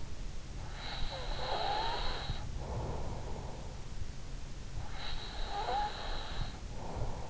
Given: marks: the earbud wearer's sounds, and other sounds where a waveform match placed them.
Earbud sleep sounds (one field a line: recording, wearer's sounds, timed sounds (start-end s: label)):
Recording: sounds in sleep by an in-ear microphone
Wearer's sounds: breath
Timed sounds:
0.85-3.53 s: breath
5.19-7.30 s: breath